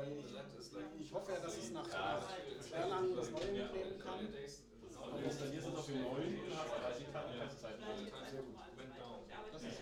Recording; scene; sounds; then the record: everyday scene through a hearing-aid microphone; many people talking; many voices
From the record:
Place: bistro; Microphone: in the ear canal, right